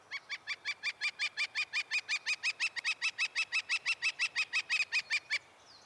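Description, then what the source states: Northern Flicker calling a long, even series of many sharp notes, steady throughout. Brownish woodpecker, larger than a robin and smaller than a crow, with a black crescent bib, spotted belly and colored wing shafts.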